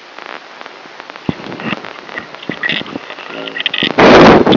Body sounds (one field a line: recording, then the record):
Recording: brain microelectrode recording played as sound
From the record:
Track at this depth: outside the subthalamic nucleus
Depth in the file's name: -1.081 mm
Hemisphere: left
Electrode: 3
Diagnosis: Parkinson's disease